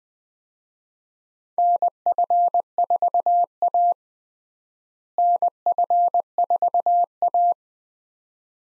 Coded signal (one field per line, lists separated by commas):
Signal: Morse code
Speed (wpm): 21 wpm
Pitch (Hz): 700 Hz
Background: none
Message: NF4A NF4A